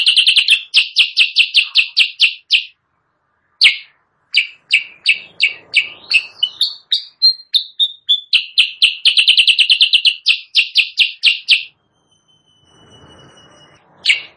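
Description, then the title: Sooty-headed bulbul singing long runs of rapid, even chirps broken by slurred whistles and short pauses, with faint hiss near the end. Caged-bird training recording (masteran) used as a lure sound; bird described as actively singing (gacor). "Masteran Kutilang Sutra. suara pikat kutilang sutra kutilang sutra gacor"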